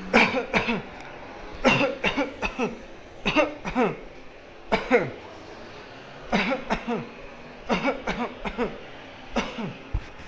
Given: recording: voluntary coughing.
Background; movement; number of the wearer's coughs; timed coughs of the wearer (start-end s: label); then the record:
traffic; walking; 14
0.11-0.51 s: cough
0.51-0.81 s: cough
1.62-1.98 s: cough
2.01-2.35 s: cough
2.41-2.74 s: cough
3.24-3.61 s: cough
3.61-3.93 s: cough
4.69-5.10 s: cough
6.30-6.68 s: cough
6.68-7.04 s: cough
7.68-8.06 s: cough
8.06-8.30 s: cough
8.40-8.84 s: cough
9.34-9.79 s: cough
From the record:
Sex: male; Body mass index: 20.6 kg/m2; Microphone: on the chest, facing the body